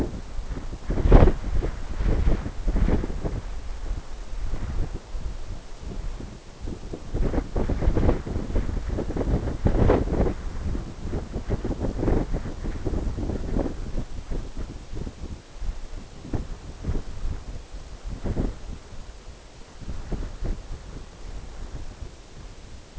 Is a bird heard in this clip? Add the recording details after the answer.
no. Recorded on Arctic tundra, site NAIT-1, on 21 June 2018. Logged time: 17:00